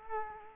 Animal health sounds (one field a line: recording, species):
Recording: mosquito wingbeat signal from an infrared sensor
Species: Culex quinquefasciatus